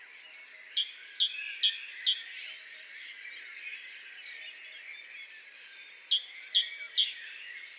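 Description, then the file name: Great tit singing two strophes of quickly repeated bright two-note phrases, with a quiet gap of hiss between them. "Parus major"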